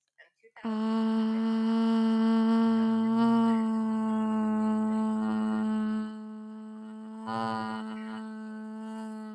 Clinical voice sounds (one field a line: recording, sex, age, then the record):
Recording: vowel held as long as possible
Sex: female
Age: 20 to 29 years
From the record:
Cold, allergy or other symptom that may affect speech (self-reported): no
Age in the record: 24 years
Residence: New Jersey, United States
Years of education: 18